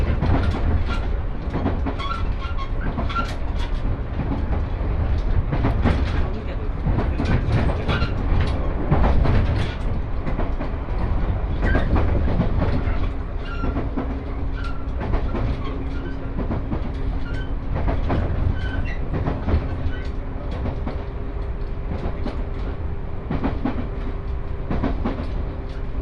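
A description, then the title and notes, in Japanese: A ride aboard a local train, recorded inside the carriage. A steady low rumble runs throughout, with frequent sharp clanks and rattles from the wheels and car body. A faint hum holds at a constant pitch beneath the motion. 耳で楽しむ鉄道旅 赤穂線 岡山→西大寺。岡山からは赤穂線に乗車して西大寺に向かいます。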